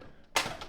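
The release button on a Shark PowerDetect upright vacuum is pressed once, and the plastic lift-away canister section comes free from the upright wand very easily. After a low, quiet background, a sharp latch click sounds at 0.4 s, followed by a fainter tap at 0.6 s. The latch releases.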